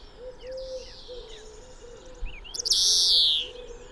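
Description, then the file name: European greenfinch with soft chirping notes, then one long, loud, rasping wheeze that falls slightly in pitch, over a low droning hum. "Chloris chloris"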